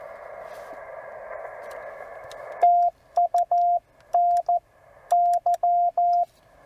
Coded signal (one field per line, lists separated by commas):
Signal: Morse code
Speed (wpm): 14 wpm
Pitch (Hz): 700 Hz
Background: radio noise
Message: TUN Y